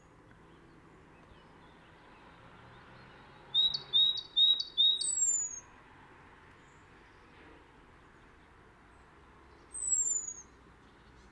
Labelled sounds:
Great Tit call

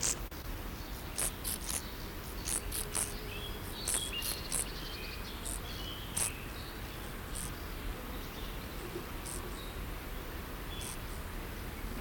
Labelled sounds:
Field Grasshopper stridulation

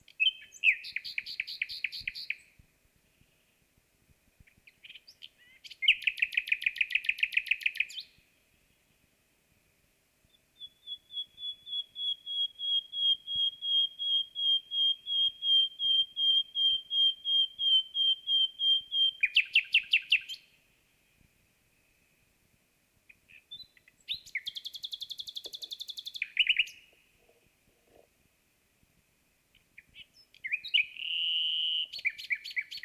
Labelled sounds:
Common Nightingale song

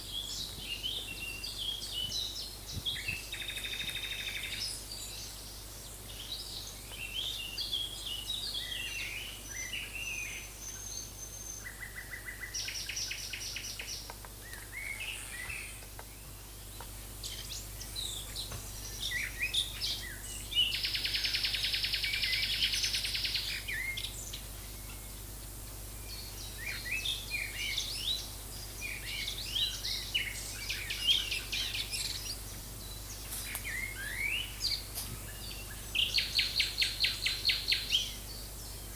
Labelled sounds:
Common Nightingale song

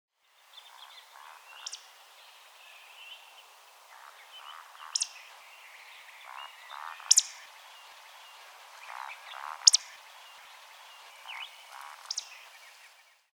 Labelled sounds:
Eurasian Woodcock

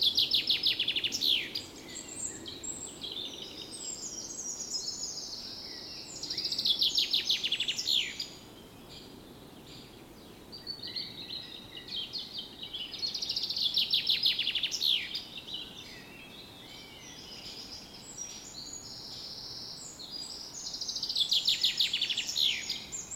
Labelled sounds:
Common Chaffinch

